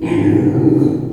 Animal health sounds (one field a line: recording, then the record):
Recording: squeal of a Yucatan mini pig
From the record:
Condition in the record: before surgery on the right vocal fold (resection and tissue-engineered implant)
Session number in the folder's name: 1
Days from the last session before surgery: -21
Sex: female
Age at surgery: 19 weeks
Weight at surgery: 25 kg